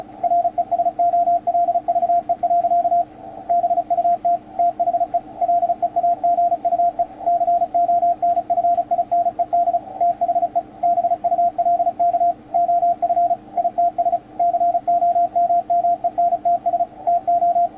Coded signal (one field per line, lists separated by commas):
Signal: Morse code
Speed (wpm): 34 wpm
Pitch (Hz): 700 Hz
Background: radio noise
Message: RESOLVE. BUT THE LEAGUE CONFINED THE BULK OF ITS COMMENTS TO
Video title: Yaesu FT-450D HIGH Speed CW Practice? WPM 35